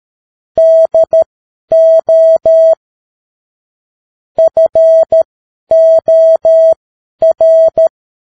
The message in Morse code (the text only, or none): DO FOR